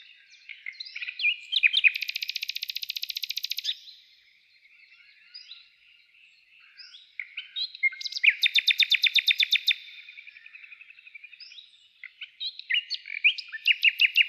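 Common nightingale producing dense rattling trills of very fast repeated notes, separated by short varied whistles and chirps, with several bursts throughout.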